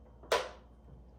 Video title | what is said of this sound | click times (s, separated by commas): Can’t Believe I Just Used the New Nama C2 Blender & Juicer !!! | and you can hear it snaps in a little there. | 0.3 s